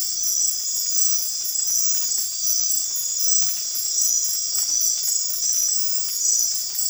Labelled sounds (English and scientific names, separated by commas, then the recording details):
none
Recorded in dense forest near Puerto Asís, Putumayo, Colombia, on 8 March 2025 at 01:00
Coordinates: 0.503, -76.323
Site GP09